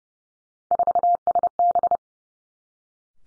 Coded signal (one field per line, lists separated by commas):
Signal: Morse code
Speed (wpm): 30 wpm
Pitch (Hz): 700 Hz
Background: none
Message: 4SB